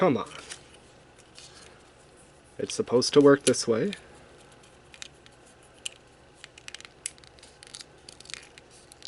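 A plastic model kit part is handled and pressed against its mating part, with faint rustling and a few small, sharp plastic ticks while someone talks briefly in the middle. Nothing has seated or clicked yet, and the clip ends just before the part goes home.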